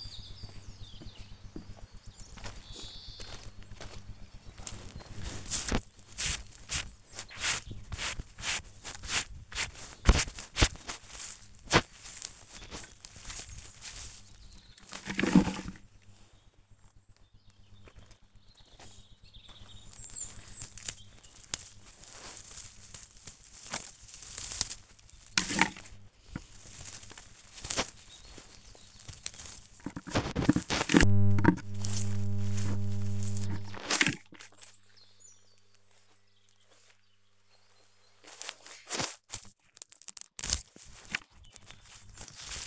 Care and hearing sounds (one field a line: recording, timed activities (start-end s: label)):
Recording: household activities, microphone on the right wrist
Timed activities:
2.14-42.67 s: removing plants (near water)